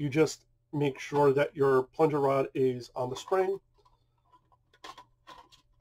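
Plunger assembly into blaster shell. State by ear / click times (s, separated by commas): not seated / none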